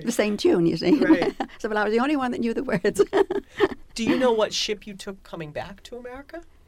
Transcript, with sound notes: The same tune, you see.
Right.
(she laughs) Except I was the only one who knew the words. (she laughs)
Do you know what ship you took coming back to America?